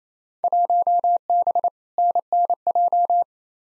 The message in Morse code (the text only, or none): 1B NNJ